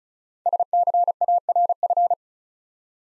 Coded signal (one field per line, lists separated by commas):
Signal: Morse code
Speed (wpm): 43 wpm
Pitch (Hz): 700 Hz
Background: none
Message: SCARF